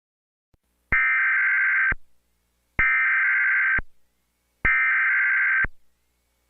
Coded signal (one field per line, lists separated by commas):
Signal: Emergency Alert System (SAME) tones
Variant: header bursts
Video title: EAS Emergency Alert System Channel: Tornado Warning in Burlington